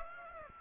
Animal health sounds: mosquito wingbeat signal from an infrared sensor; Aedes aegypti

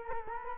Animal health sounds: mosquito wingbeat signal from an infrared sensor; Culex quinquefasciatus

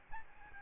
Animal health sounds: mosquito wingbeat signal from an infrared sensor; Aedes albopictus

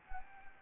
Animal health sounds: mosquito wingbeat signal from an infrared sensor; Anopheles gambiae

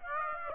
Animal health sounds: mosquito wingbeat signal from an infrared sensor; Aedes aegypti

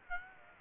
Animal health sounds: mosquito wingbeat signal from an infrared sensor; Aedes aegypti

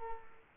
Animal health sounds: mosquito wingbeat signal from an infrared sensor; Culex quinquefasciatus

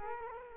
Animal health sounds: mosquito wingbeat signal from an infrared sensor; Culex quinquefasciatus

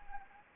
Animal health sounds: mosquito wingbeat signal from an infrared sensor; Anopheles arabiensis

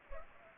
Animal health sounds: mosquito wingbeat signal from an infrared sensor; Culex pipiens

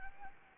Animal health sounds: mosquito wingbeat signal from an infrared sensor; Anopheles arabiensis

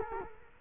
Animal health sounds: mosquito wingbeat signal from an infrared sensor; Culex quinquefasciatus

